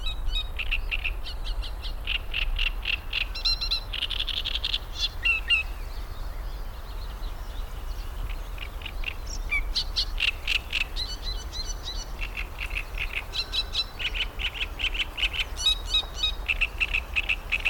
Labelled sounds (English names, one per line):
Great Reed Warbler